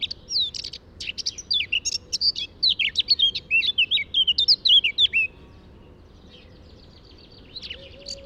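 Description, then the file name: Eurasian blackcap song: about five seconds of rapid, bright warbling with sweeping whistled notes. It stops abruptly, leaving near silence before a brief final note. "Sylvia atricapilla"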